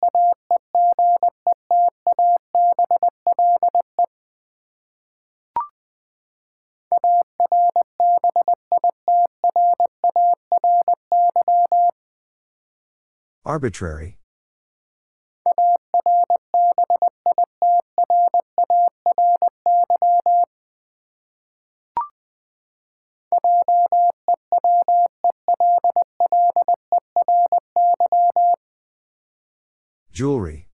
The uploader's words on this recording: Nine Letter Words - 20wpm. First, the word is sent in Morse code.